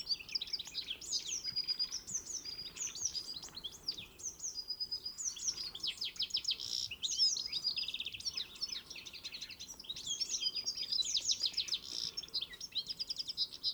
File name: Chloris chloris